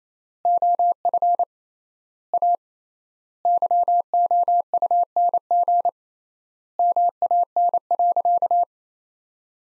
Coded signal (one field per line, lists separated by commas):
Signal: Morse code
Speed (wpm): 27 wpm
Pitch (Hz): 700 Hz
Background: none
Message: OF A YOUNG MAN.